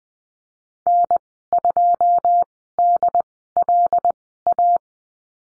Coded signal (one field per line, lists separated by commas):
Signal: Morse code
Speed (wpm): 20 wpm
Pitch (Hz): 700 Hz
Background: none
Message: N2DLA